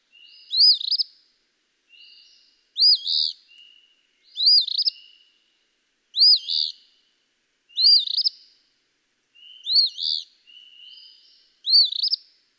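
Eastern phoebe repeating its scratchy two-syllable song seven times, with faint buzzy notes in the gaps between phrases.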